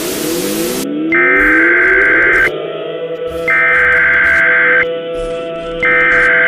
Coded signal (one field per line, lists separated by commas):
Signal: Emergency Alert System (SAME) tones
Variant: header bursts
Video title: EAS Scenario #5: The Tornado Outbreak